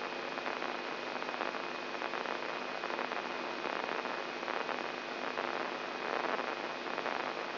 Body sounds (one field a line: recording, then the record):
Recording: brain microelectrode recording played as sound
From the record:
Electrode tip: inside the subthalamic nucleus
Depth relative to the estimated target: 1 mm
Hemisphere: left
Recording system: AlphaMap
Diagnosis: Parkinson's disease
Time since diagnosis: 11 years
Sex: male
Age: 67 years